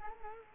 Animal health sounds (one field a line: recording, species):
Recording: mosquito wingbeat signal from an infrared sensor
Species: Culex quinquefasciatus